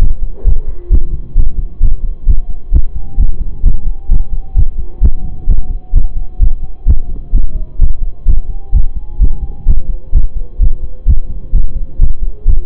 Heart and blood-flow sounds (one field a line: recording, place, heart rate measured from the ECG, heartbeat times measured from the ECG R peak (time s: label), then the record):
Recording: heart sounds by stethoscope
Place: between the tricuspid and mitral areas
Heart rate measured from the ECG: 130 bpm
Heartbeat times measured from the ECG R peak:
0.45 s: heartbeat
0.91 s: heartbeat
1.36 s: heartbeat
1.81 s: heartbeat
2.27 s: heartbeat
2.73 s: heartbeat
3.18 s: heartbeat
3.64 s: heartbeat
4.10 s: heartbeat
4.56 s: heartbeat
5.02 s: heartbeat
5.47 s: heartbeat
5.94 s: heartbeat
6.40 s: heartbeat
6.87 s: heartbeat
7.33 s: heartbeat
7.80 s: heartbeat
8.26 s: heartbeat
8.73 s: heartbeat
9.20 s: heartbeat
9.67 s: heartbeat
10.13 s: heartbeat
10.60 s: heartbeat
11.07 s: heartbeat
11.53 s: heartbeat
12.00 s: heartbeat
12.46 s: heartbeat
From the record:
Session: pedaling a stationary bicycle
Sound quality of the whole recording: saturated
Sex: male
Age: 25 years